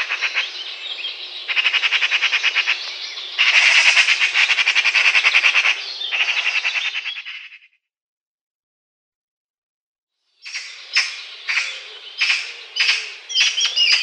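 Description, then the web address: Eurasian magpie rattling loudly in a long, dense chatter that swells midway, then after a silence a series of separate harsh chack notes. "Schulze Peter Eurasian Magpie calls"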